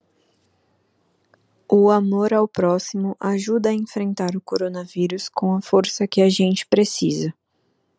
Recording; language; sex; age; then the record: spoken sentence; Brazilian Portuguese; female; 20 to 29 years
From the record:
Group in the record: control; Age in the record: 25 years